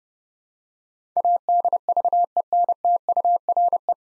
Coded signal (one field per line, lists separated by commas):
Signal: Morse code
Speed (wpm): 30 wpm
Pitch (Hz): 700 Hz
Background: none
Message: ADVENTURE